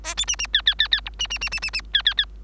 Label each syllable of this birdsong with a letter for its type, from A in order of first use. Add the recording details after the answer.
A B C C D D D D E C C C C C C D D D. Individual Bird3